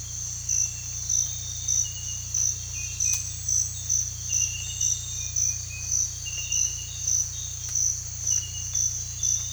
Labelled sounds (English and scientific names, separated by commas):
none